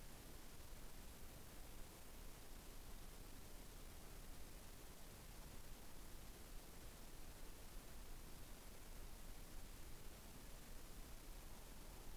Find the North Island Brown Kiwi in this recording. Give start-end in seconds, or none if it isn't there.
none